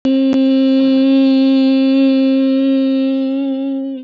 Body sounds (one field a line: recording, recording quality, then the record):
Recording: sustained vowel as in beet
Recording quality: excellent, no background noise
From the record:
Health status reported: healthy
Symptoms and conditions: none ticked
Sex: female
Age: 44 years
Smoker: not ticked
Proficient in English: yes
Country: India